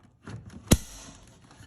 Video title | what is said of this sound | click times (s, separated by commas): Brand New Jurassic World 🌍 Legacy Collection Apatosaurus 🦕 🌾🌿🌱🌳☀️🌲Extremely Detailed Review | now that's locked in there it is never coming out again | 0.7 s